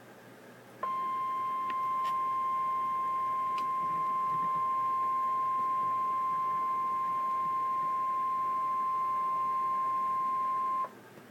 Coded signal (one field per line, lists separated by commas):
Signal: Emergency Alert System (SAME) tones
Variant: 1050 Hz attention tone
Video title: REAL EAS 1113-Special marine warning